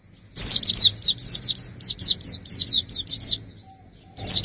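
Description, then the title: White-eye song, a fast string of thin, high, downward-sweeping twitters, then a brief pause before another phrase starts. "Burung Campur3. pleci usro"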